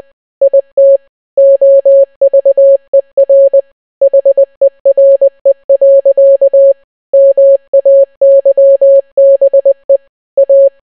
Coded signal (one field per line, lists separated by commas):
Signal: Morse code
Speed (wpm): 20 wpm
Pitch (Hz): 550 Hz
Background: none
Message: IT OVER HERE. MAYBE A